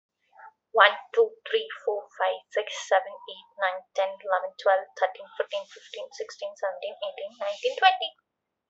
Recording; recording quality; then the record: counting at a fast pace; excellent, no background noise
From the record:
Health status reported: healthy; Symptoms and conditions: none ticked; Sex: female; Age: 25 years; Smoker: not ticked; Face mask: not worn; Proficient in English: yes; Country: India